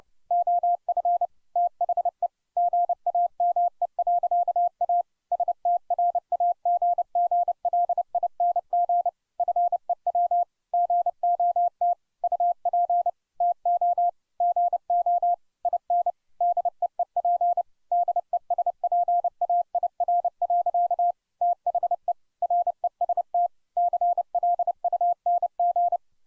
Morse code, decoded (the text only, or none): OF THE GAME. A STRAGGLING FEW GOT UP TO GO IN DEEP DESPAIR. THE REST CLUNG